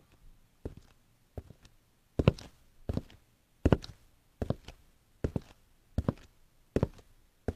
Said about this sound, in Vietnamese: Bẵng đi nửa tháng, đêm ấy vừa hay vào ngày rằm, vừa chợp mắt cô Mận bị đánh thức bởi tiếng động rất khẽ. Tiếng bước chân mặc dù rất nhẹ nhưng rõ mồn một vang lên ở phía buồng của bà Xoan.